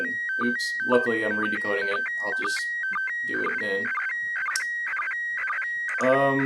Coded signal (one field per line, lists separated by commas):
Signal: SSTV (slow-scan television)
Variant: PD 120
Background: speech